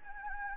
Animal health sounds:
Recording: mosquito wingbeat signal from an infrared sensor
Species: Anopheles gambiae

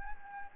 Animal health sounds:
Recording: mosquito wingbeat signal from an infrared sensor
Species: Anopheles gambiae

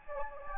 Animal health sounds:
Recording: mosquito wingbeat signal from an infrared sensor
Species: Anopheles gambiae

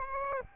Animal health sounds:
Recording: mosquito wingbeat signal from an infrared sensor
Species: Aedes albopictus

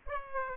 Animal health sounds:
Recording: mosquito wingbeat signal from an infrared sensor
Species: Aedes aegypti

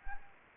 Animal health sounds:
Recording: mosquito wingbeat signal from an infrared sensor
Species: Anopheles gambiae

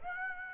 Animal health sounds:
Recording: mosquito wingbeat signal from an infrared sensor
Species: Aedes aegypti

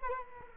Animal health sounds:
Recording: mosquito wingbeat signal from an infrared sensor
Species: Culex quinquefasciatus

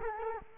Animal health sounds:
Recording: mosquito wingbeat signal from an infrared sensor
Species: Culex quinquefasciatus

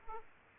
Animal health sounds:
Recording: mosquito wingbeat signal from an infrared sensor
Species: Aedes aegypti

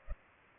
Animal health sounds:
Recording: mosquito wingbeat signal from an infrared sensor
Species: Culex pipiens

